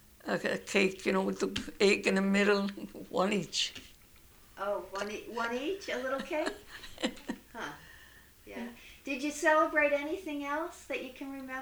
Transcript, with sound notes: a cake, you know, with the egg in the middle, one each.
Oh, one each? A little cake? (laughs) Huh. Yeah. Did you celebrate anything else that you can remember?